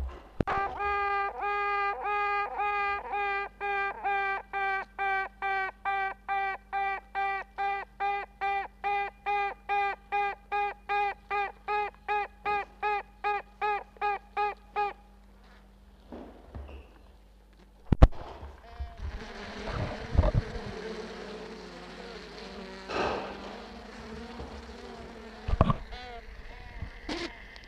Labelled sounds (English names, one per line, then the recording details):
Honey Bee
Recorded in captivity
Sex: female
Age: imago
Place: Zoologisches Institut der HUB, Berlin, DE
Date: 1964-06-16 19:30
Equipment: BG 26/1, Grundig-Mikrofon
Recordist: Tembrock, Günter
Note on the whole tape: "Tüten" vornehmlich von einer Königin. Ca. 2 bis 3 Tage alt, in Weichselkästchen mit einigen Arbeiterinnen. Mehrere Kästchen stehen nebeneinander. Mitunter auch andere Königinnen zu hören (verschiedene Klangfarbe). Abstand ca. 5 cm. Zimmer 32. Band ununterbrochen auf Aufnahme durchgelaufen vor dem Kästchen mit der aktivsten Königin